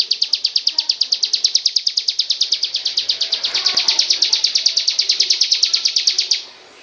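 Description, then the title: Magpie-robin singing a quick, steady run of high, sharp notes, ending abruptly into quiet. "Kicau Kacer"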